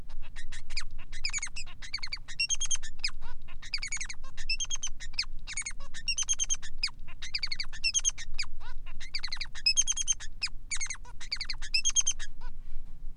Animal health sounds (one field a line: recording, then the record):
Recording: song of a male Bengalese finch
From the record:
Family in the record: son of father 3